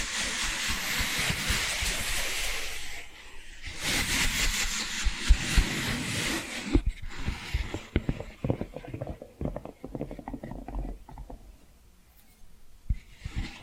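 Dense scratching fills the first seven seconds, then gives way to sparser, quieter tapping and rustling with sharp clicks scattered throughout.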